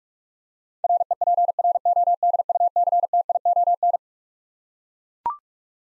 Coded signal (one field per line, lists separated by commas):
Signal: Morse code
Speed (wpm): 42 wpm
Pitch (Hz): 700 Hz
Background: none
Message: REPRODUCTION